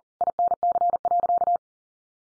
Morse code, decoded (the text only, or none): INC.